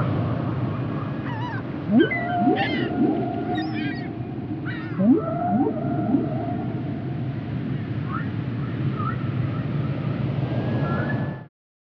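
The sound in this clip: Humpback whale song: low moans and swooping upsweeps, several rising whoops and brief higher wavering notes, ending in a few short high tones before cutting off.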